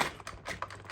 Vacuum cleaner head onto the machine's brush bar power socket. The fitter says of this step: So what you do, line them up, then you push down until it clicks into place,